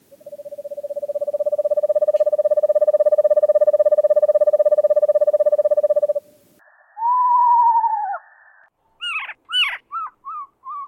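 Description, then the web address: Eastern screech owl trill: a long, even, rapidly pulsed monotone trill lasting about six seconds, followed by a few other whistled notes. "Thumbs Plus Zoo Field Guide Repository"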